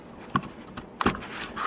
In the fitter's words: find the notch to push firmly and it locks into place